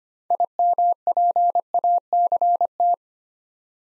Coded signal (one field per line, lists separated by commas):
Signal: Morse code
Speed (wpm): 25 wpm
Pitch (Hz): 700 Hz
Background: none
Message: IMPACT